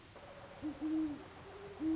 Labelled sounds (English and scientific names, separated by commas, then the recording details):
Great Horned Owl (Bubo virginianus)
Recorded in Sonoma County, California